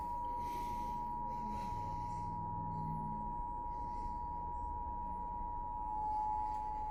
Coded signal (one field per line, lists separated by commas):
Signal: Emergency Alert System (SAME) tones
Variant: 853 and 960 Hz attention tone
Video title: Eas FFW on npt Eas#770